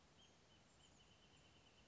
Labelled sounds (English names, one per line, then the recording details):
Wrentit
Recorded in Sonoma County, California